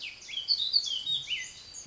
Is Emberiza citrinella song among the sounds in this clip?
no